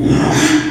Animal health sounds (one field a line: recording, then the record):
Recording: squeal of a Yucatan mini pig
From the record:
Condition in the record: after surgery on the right vocal fold (resection and tissue-engineered implant)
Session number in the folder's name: 3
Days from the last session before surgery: 33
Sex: male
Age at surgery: 12 weeks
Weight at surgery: 13 kg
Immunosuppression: cyclosporine, prednisolone